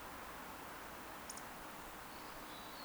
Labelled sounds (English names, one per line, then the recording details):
Eurasian Woodcock whistle
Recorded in Baden-Württemberg, Germany, on 10 June 2021 at 20:14 UTC
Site 43323, 910 m above sea level